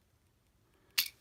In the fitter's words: that's going to click into place